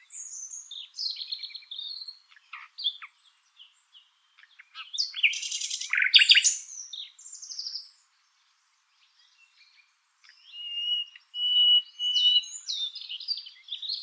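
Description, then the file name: Common nightingale song: varied whistles and clicks, a loud harsh rattling burst, a pause, then a long pure whistled note leading into more rapid phrases. "Luscinia megarhynchos"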